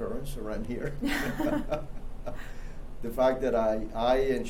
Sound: laughter